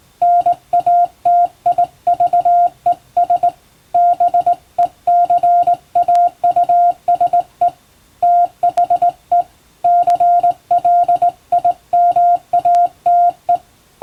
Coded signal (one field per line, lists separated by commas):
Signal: Morse code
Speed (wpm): 19 wpm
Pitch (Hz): 700 Hz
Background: radio noise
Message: NATIVES BECAUSE THE CLIMATE